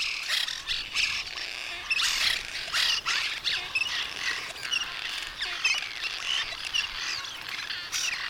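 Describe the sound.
Birds calling and singing together, busy high chirps and squawks tumbling over one another, with short sharp bursts of noise.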